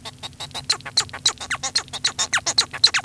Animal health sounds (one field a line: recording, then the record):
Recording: song of a male Bengalese finch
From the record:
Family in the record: son of father 1